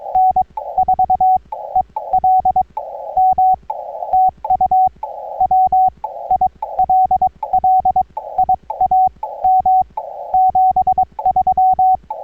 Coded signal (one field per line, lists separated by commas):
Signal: Morse code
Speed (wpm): 22 wpm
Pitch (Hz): 750 Hz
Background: none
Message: N4ELM TU WILLIAM 73